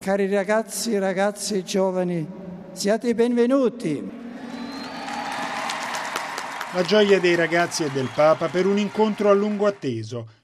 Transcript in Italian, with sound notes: “Cari ragazzi e giovani, siate i benvenuti!” (Applausi) La gioia dei ragazzi e del Papa per un incontro a lungo atteso.